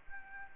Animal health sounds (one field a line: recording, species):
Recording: mosquito wingbeat signal from an infrared sensor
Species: Anopheles arabiensis